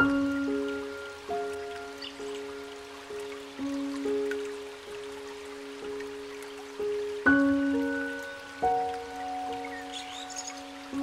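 Gentle piano plays slow, sustained notes that ring and overlap, with a new note every second or so and firmer chords struck near seven and nine seconds. A soft, steady rush of flowing water sits underneath, and faint bird chirps flicker in high.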